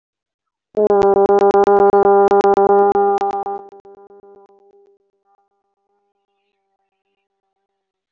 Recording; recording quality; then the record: sustained vowel as in boot; excellent, no background noise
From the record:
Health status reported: healthy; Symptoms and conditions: none ticked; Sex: female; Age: 24 years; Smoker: not ticked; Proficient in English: yes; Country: India